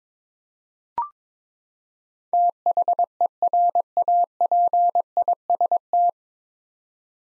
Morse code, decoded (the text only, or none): THERAPIST